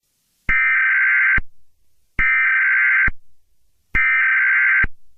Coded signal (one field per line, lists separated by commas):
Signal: Emergency Alert System (SAME) tones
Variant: header bursts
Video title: EAS Scenario #9: A Burning Memory